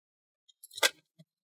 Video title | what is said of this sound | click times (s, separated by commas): How to Upgrade Storage ( SSD - HDD ) for HP Gaming HP Omen 17 an101 Laptop | squeeze make sure you do those nice click sounds on the back right there | 0.6 s, 0.8 s